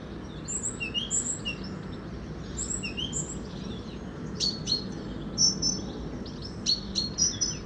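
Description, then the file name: Great tit calling with high thin whistles and sharp chirps over steady background noise. "Parus major"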